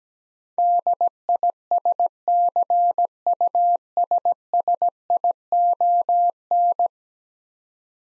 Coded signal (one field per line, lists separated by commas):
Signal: Morse code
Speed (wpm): 17 wpm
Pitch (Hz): 700 Hz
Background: none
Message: DISCUSSION